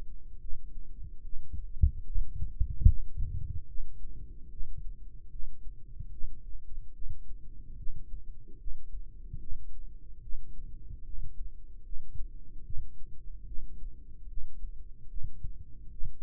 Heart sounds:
heart sounds by microphone in the right ear; 74 bpm
0.40 s: heartbeat
1.23 s: heartbeat
2.04 s: heartbeat
2.86 s: heartbeat
3.67 s: heartbeat
4.50 s: heartbeat
5.30 s: heartbeat
6.11 s: heartbeat
6.94 s: heartbeat
7.77 s: heartbeat
8.58 s: heartbeat
9.40 s: heartbeat
10.22 s: heartbeat
11.04 s: heartbeat
11.84 s: heartbeat
12.64 s: heartbeat
13.46 s: heartbeat
14.28 s: heartbeat
15.09 s: heartbeat
15.91 s: heartbeat
From the record:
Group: healthy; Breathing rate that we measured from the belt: 19 breaths a minute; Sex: male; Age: 55 years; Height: 167 cm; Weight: 57.2 kg

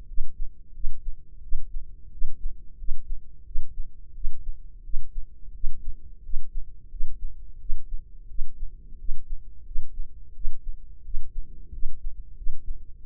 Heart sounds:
heart sounds by microphone in the left ear; 88 bpm
0.06 s: heartbeat
0.73 s: heartbeat
1.41 s: heartbeat
2.10 s: heartbeat
2.77 s: heartbeat
3.44 s: heartbeat
4.13 s: heartbeat
4.83 s: heartbeat
5.53 s: heartbeat
6.22 s: heartbeat
6.89 s: heartbeat
7.58 s: heartbeat
8.27 s: heartbeat
8.97 s: heartbeat
9.64 s: heartbeat
10.33 s: heartbeat
11.03 s: heartbeat
11.71 s: heartbeat
12.35 s: heartbeat
13.00 s: heartbeat
From the record:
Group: healthy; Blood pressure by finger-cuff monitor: 99/57 mmHg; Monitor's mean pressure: 70 mmHg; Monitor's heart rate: 87 bpm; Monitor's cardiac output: 7.6 L/min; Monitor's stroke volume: 87 mL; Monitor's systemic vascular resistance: 650 dyn s/cm5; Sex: female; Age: 22 years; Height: 157 cm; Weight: 47.6 kg

